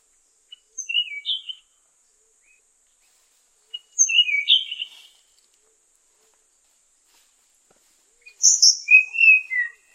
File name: sikatan tanahjampea